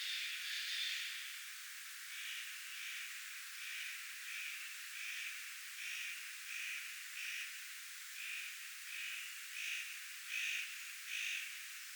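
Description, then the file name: Spotted Nutcracker giving many rasping, grating calls in a long series, with a louder burst at the start and steady background hiss. Calling at the same time as a Eurasian jay; recorded 1 September 2026. "pahkinahakki ja narhi raakkuvat yhta aikaa"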